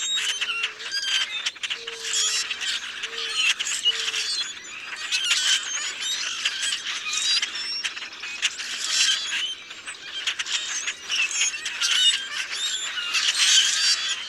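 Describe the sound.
Common grackles give bursts of creaky, squeaky calls that swell and fade in waves, with soft low whistled notes early on.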